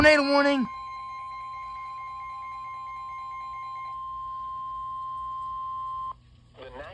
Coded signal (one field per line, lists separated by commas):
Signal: Emergency Alert System (SAME) tones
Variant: 1050 Hz attention tone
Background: speech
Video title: EAS#15 tornado warning for my county